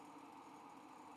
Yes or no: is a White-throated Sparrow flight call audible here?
no